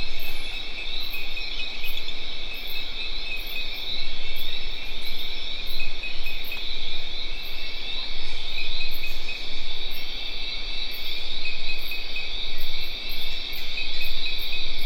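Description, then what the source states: Cricket chorus of steady shrill trills, overlaid by evenly pulsed very high chirps that repeat steadily, with low background rumble. Recorded at dusk near le Grand Etang, Guadeloupe, in tropical forest; Sony PCM D50 recorder, Rode NT4 microphone, FEL preamp.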